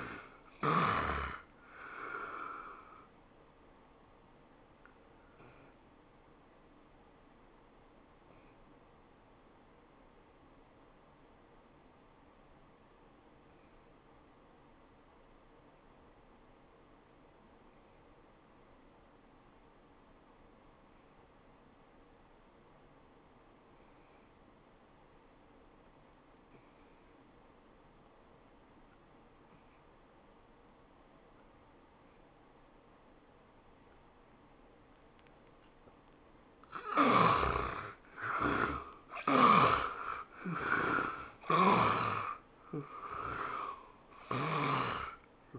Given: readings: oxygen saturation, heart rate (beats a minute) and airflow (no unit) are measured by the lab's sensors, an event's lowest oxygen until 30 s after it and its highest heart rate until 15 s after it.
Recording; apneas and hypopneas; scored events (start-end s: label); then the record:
breathing in sleep by a voice recorder at the bedside; 1
14.00-37.70 s: obstructive apnea (N1, oxygen 95% highest, then 72% lowest, heart rate 79 at the start, 102 highest)
From the record:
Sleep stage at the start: N1 (lightest sleep); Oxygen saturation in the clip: 75 to 95%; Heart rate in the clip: 70 to 100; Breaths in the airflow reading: 6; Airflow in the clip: -17.3 to 11.4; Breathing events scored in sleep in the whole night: 403 in 5.5 hours asleep